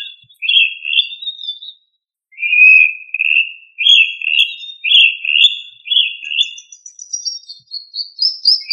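Rail giving a run of level whistled notes with a wavering quality, then a higher thin series that rises toward the end.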